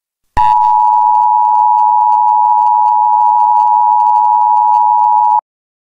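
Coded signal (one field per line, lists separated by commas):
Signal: Emergency Alert System (SAME) tones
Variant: 853 and 960 Hz attention tone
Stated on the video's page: Fictional EAS scenario containing valid EAS tones, made for entertainment.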